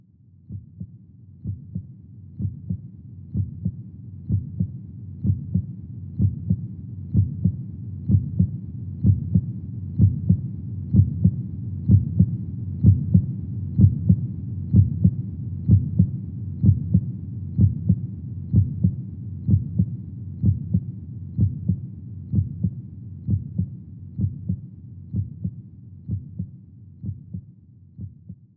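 A heartbeat sound track played by a sound machine.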